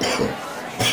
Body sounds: coughing mixed with background sound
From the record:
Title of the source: Spring Cold Coughing 3

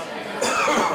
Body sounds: coughing mixed with background sound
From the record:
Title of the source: Spring Cold Coughing 2

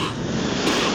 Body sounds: coughing mixed with background sound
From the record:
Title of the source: 64 coughing, allergies, singing lungs

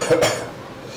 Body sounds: coughing mixed with background sound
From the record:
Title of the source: Cough Around the Clock!

